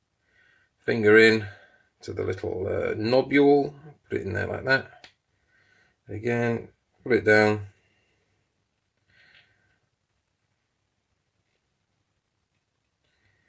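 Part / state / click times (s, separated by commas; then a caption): quick-release spring bar of a leather strap into a watch case lug / not seated / none. A quick-release spring bar on a leather watch strap is being handled and lined up with the lug hole of a watch case while someone talks in short bursts. Only faint handling noise sits between the phrases, and no distinct click is heard. The bar has not seated or clicked into the lug yet.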